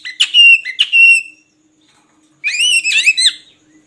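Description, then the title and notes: Oriental magpie-robin giving two sweet falling whistled notes, a silent pause, then a fast warbled phrase. Long-duration filler (isian) song recording used to train magpie-robins to sing actively day and night. "Kacer Jadi Gacor Siang Malam. Isian Kacer Durasi Panjang"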